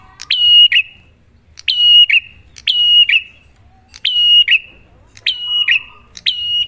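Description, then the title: Prinia song: bright phrases of a sharp click then a steady high whistled note with a falling buzzy tail, repeated with short gaps. Duet of Cililin vs Kapas Tembak, a master (masteran) lure recording for prenjak; bird singing actively (gacor) with a clear voice. "Masteran Duet Cililin Vs Kapas Tembak. Pancingan Prenjak Gacor Suara Jernih"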